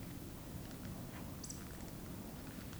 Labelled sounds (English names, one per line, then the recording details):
Eurasian Woodcock whistle
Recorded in Baden-Württemberg, Germany, on 12 June 2020 at 20:20 UTC
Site 43738, 650 m above sea level